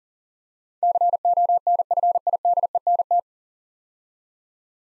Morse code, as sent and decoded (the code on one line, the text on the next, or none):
-.-. --- -. ..-. .. -.. . -. -
CONFIDENT